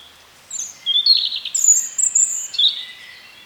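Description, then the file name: European robin song phrase of high, trickling notes, a sustained thin whistle and a short twittering finish. "Erithacus rubecula"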